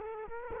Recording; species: mosquito wingbeat signal from an infrared sensor; Culex quinquefasciatus